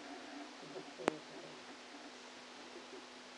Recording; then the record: brain microelectrode recording played as sound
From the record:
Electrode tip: outside the subthalamic nucleus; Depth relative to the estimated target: -10 mm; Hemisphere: left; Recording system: NeuroSet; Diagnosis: Parkinson's disease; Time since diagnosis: 13 years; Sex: male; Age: 49 years